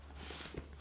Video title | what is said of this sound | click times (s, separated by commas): PEAK DESIGN 45L Travel Backpack Unopening and First Impressions - The Travel Line | Oh, you hear the click? | 0.6 s